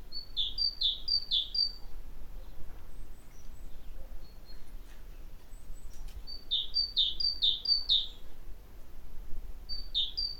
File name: Parus major